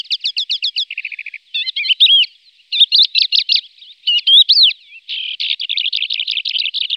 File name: calandra lark